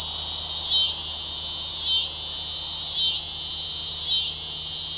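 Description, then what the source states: Scissor-grinder cicada song: a loud, continuous high buzz that dips and swells rhythmically about once every second. Tibicen pruinosa recorded on 19 August 2007.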